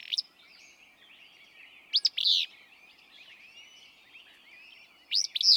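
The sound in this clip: Willow flycatcher repeating its abrupt, buzzy two-note phrase a few seconds apart, while other small birds chatter faintly underneath.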